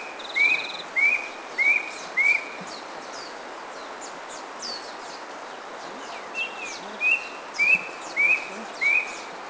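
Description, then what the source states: Brush cuckoo giving two bursts of several rising whistled notes separated by a pause of several seconds, with light background chirping and hiss. Recorded at Kitanglad, Philippines, in 2010.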